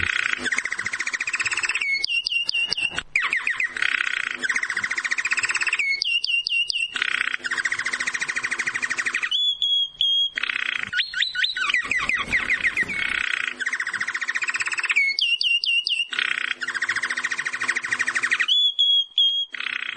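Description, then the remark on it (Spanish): A goldfinch sings a long, busy song of rapid high twittering, trills and buzzy notes, with short pauses between bright bursts, loud and continuous without any talking. “Y con el sonido del jilguero, en este caso, le damos la bienvenida a un nuevo programa de Jackson en el aire.”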